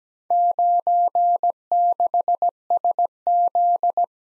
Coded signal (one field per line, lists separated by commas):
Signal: Morse code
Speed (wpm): 17 wpm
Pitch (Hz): 700 Hz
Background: none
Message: 96SZ